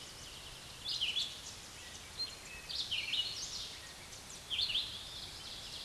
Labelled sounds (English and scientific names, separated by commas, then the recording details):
Red-eyed Vireo (Vireo olivaceus) song
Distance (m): 25 m
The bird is about 20 m above the microphone
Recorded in a Pennsylvania forest on 16 May 2024 at 06:34
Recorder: AudioMoth, point MSD-2258
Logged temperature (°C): 15.2 °C
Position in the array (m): 165 m, 72 m